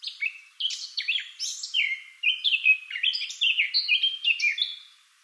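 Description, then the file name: Eurasian blackcap song, a fast run of warbled, scratchy notes sliding up and down, ending in clearer, fluty whistles; no other sounds. "Sylvia atricapilla"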